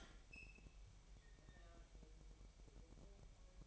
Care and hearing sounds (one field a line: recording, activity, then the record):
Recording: daily activity, microphone in the room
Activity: open fridge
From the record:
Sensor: 1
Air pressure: 1002.0 hPa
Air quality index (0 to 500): 238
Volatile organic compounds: 44 ppm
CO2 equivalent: 3205 ppm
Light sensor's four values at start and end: 8/28/10/11 and 8/28/10/11